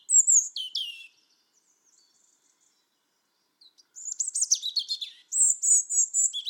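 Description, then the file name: European robin singing: a short high warbled phrase, a pause, then a longer tumbling run of thin, sweet notes ending in high trilled whistles. "Erithacus rubecula"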